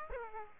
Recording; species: mosquito wingbeat signal from an infrared sensor; Aedes aegypti